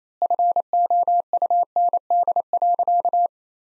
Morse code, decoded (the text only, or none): FOUND.